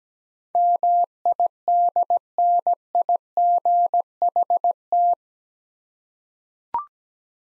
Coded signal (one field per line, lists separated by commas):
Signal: Morse code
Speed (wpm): 17 wpm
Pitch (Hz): 700 Hz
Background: none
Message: MIDNIGHT